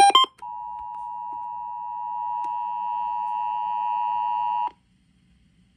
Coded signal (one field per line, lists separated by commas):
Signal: Emergency Alert System (SAME) tones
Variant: 853 and 960 Hz attention tone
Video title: EAS Catch #557 - IPAWS RWT (11/21/22)